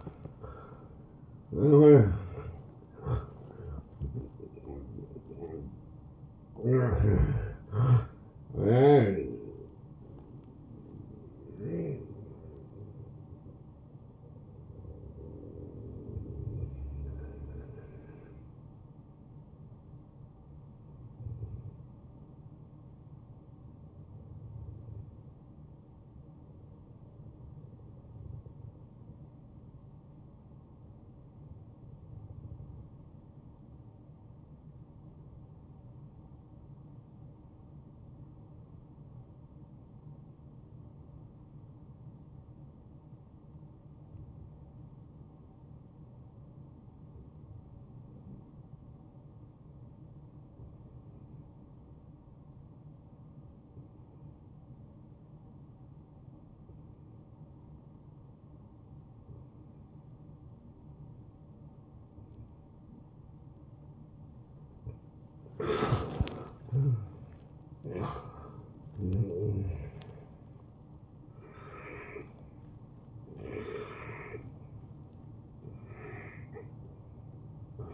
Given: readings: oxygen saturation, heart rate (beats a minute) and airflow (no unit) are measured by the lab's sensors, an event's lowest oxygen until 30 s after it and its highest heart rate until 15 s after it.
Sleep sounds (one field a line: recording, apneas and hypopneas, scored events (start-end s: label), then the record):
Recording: breathing in sleep by a smartphone at the bedside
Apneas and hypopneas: 1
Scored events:
22.00-65.60 s: hypopnea (N1, oxygen 96% highest, then 90% lowest)
From the record:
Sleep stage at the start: N1 (lightest sleep)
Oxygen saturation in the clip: 87 to 96%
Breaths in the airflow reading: 18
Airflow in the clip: -16.1 to 11.7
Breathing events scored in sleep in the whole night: 263 in 5.5 hours asleep